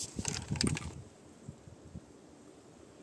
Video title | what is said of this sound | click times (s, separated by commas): Arcturus AK-12K [Recenzja] | składamy ją aż do momentu jak kliknie i wtedy kolba nam się trzyma | 0.6 s